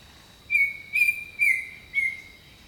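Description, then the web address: Bird song: four clear, slightly downslurred whistled notes spaced about half a second apart, over a faint constant high hum. Jungle birdsong. "Echoes of Nature - Jungle Talk 01 Jungle Birdsong"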